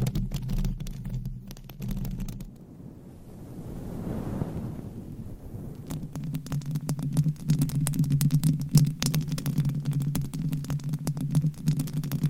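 Scratching and rubbing on a microphone cover with fingernails, a low rumbling hum underneath. Dense clicky scratches fill the first two and a half seconds, then a soft swelling rush, and from about six seconds the scratching returns rapid and crackly with a steady low buzz.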